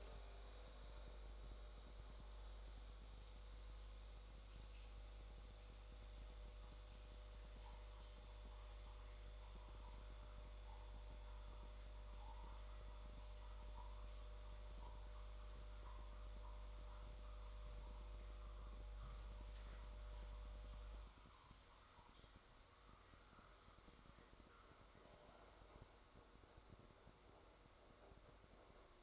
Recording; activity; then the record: daily activity, microphone in the room; make coffee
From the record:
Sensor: 3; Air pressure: 1004.3 hPa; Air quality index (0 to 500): 198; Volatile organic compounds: 15 ppm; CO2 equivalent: 2486 ppm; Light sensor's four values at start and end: 5/12/4/5 and 5/13/5/5